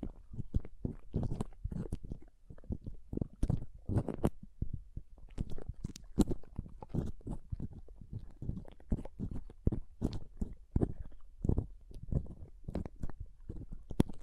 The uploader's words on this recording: ASMR Ultimate Pom Pom Tingles (No Talking).